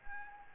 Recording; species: mosquito wingbeat signal from an infrared sensor; Anopheles gambiae